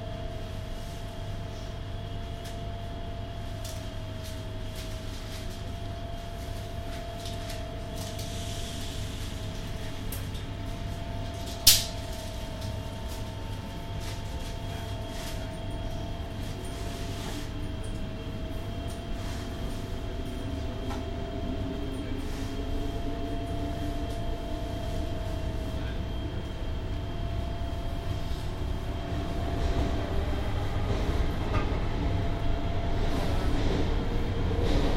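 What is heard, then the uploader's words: A train's interior rumble fills the whole recording, a steady low roar with sustained humming tones layered above it that shift slowly in pitch. Around twelve seconds a single sharp click stands out, and the ride grows slightly louder and rougher toward the end. No voices are heard. NS Sprinter. The Netherlands. Recorded between Den Haag and Amsterdam Sloterdijk. Surprisingly few human sounds and a lot of harmony coming from the train.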